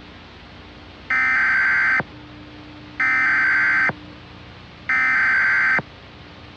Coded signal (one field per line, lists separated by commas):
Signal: Emergency Alert System (SAME) tones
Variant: header bursts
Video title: EAS Mock #26 | 05/16/2003; Ridiculous Ties